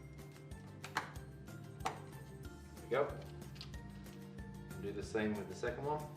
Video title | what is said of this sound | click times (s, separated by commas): How to build a gaming PC 2019 l The British Esports Association | then push it down until you hear the click go | 1.0 s